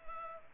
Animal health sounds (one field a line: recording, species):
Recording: mosquito wingbeat signal from an infrared sensor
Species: Culex pipiens